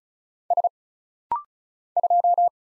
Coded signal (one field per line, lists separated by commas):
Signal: Morse code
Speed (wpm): 36 wpm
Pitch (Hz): 700 Hz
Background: none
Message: S 2